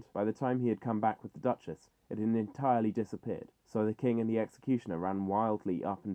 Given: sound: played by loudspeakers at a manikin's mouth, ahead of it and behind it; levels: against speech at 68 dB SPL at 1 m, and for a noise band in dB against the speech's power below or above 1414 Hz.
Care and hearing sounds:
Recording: test signals for a remote microphone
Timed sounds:
0.00-6.15 s: man speaking
From the record:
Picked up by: measurement microphone

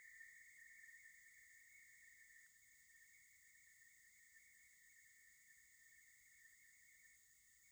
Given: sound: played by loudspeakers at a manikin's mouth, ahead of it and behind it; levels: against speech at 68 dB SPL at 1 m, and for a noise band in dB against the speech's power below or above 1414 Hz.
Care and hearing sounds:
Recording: test signals for a remote microphone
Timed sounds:
0.00-2.46 s: noise band at 2000 Hz, +10 dB
2.46-7.16 s: noise band at 2000 Hz, +5 dB
7.16-7.72 s: noise band at 2000 Hz, 0 dB
From the record:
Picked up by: remote receiver E, fed by microphone B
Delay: 43 ms

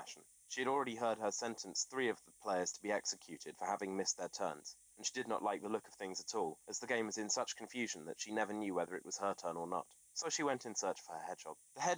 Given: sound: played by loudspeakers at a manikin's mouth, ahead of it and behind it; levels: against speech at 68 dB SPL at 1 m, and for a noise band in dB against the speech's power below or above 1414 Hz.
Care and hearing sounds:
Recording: test signals for a remote microphone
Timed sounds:
0.00-11.98 s: man speaking
From the record:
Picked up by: remote microphone D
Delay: 24 ms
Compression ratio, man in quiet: 1.31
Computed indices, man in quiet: SII 0.994, HASPI 0.998, HASQI 0.363 (non-linear 0.417, linear 0.872), ESTOI 0.824

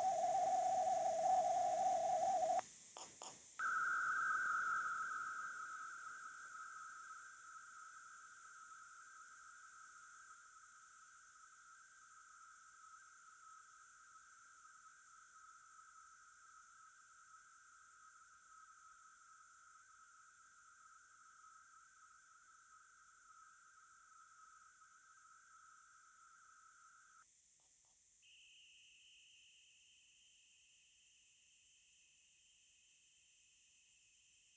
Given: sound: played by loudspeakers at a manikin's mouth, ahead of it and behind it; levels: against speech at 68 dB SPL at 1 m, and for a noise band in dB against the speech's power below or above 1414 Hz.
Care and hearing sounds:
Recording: test signals for a remote microphone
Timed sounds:
0.00-2.59 s: noise band at 707 Hz, as loud as that band is in speech
3.59-27.22 s: noise band at 1414 Hz, as loud as that band is in speech
28.22-34.57 s: noise band at 2828 Hz, as loud as that band is in speech
From the record:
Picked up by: remote microphone D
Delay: 24 ms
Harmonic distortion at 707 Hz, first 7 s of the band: under -32 dB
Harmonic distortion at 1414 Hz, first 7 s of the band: under -34 dB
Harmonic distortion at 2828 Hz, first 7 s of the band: under -7 dB (system noise only)

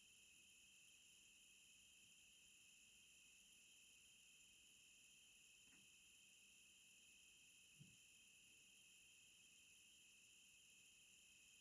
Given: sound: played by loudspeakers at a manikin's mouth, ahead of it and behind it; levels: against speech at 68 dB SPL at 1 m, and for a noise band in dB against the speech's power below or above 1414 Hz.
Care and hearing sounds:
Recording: test signals for a remote microphone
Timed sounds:
0.00-11.61 s: noise band at 2828 Hz, as loud as that band is in speech
From the record:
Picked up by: remote microphone A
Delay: 47 ms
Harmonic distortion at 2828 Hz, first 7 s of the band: under -16 dB (system noise only)

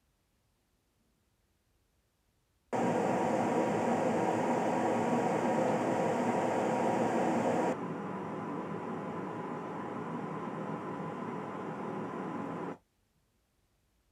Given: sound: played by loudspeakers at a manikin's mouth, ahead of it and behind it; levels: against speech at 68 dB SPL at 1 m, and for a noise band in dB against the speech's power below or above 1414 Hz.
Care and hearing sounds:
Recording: test signals for a remote microphone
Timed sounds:
2.72-7.72 s: speech-spectrum noise from ahead, +10 dB
7.72-12.72 s: speech-spectrum noise from behind, +10 dB
From the record:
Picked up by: measurement microphone

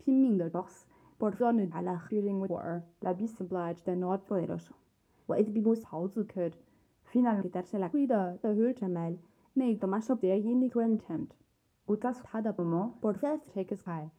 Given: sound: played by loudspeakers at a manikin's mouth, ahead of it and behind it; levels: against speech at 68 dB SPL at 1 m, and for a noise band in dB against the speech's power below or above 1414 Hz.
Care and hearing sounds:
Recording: test signals for a remote microphone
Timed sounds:
0.00-14.19 s: speech test signal (ISTS)
From the record:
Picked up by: measurement microphone

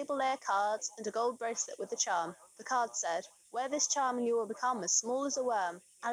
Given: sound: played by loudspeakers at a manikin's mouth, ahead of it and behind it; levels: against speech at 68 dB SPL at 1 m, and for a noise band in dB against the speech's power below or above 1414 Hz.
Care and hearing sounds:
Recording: test signals for a remote microphone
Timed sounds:
0.00-6.13 s: woman speaking, babble ahead at +6 dB SNR for speech at 1 m
From the record:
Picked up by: remote microphone B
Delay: 24 ms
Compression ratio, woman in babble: 1.71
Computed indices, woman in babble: HASPI 0.957, HASQI 0.352 (non-linear 0.409, linear 0.859), ESTOI 0.804

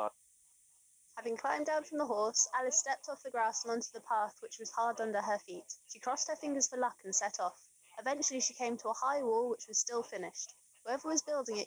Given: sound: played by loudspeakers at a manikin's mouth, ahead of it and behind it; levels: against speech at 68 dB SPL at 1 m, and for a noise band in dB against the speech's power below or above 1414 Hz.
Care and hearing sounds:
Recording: test signals for a remote microphone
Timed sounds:
0.00-0.07 s: man speaking, babble ahead at +6 dB SNR for speech at 1 m
1.07-11.67 s: woman speaking, babble ahead at +6 dB SNR for speech at 1 m
From the record:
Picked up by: remote microphone C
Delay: 23 ms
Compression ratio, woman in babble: 1.51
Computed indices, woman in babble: HASPI 0.867, HASQI 0.307 (non-linear 0.358, linear 0.857), ESTOI 0.784

